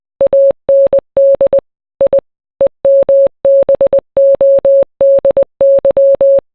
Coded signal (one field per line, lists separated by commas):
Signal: Morse code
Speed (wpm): 20 wpm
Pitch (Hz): 550 Hz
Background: none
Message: AND I EMBODY